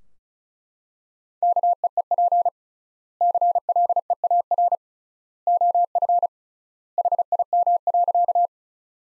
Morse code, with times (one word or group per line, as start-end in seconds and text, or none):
1.4-2.5 KEEP
3.2-4.8 CLEAR
5.5-6.3 OF
7.0-8.5 HIM.